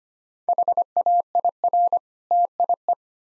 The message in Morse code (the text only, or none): HAIR TIE